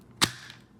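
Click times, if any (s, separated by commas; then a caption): 0.5 s. An action camera's quick-release buckle is pushed into a plastic base plate stuck with adhesive strip material and reinforced with super glue on the front of a ski helmet. A loud, sharp broadband snap comes at about 0.2 s and fades out, followed by a smaller, brief click at 0.5 s. The buckle snaps into the mount and seats, with the tab dropping to lock it in place.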